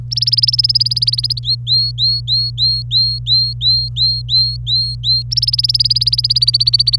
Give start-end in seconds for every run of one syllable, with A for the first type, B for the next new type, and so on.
0.11-1.39 A, 1.43-5.23 B, 5.31-6.96 A